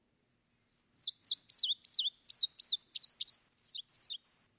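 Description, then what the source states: Indigo Bunting song: a fast series of high, paired sweet notes, each rising and falling, in quick bubbly succession. Song described as paired notes, very fast, up and down, and bubbly.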